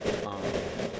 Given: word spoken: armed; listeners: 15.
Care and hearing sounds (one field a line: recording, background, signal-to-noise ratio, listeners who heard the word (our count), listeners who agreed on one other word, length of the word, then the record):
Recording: one English word in noise, from a listening test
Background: noise modulated by three-talker babble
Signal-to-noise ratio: -7.1 dB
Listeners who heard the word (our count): 0 of 15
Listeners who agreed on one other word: 11 of 15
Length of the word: 0.60 s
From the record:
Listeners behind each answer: 11, 2, 1, 1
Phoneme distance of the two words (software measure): 7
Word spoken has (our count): 1 syllable, 3 phonemes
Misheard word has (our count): 1 syllable, 2 phonemes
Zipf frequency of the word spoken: 4.53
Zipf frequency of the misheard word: 4.70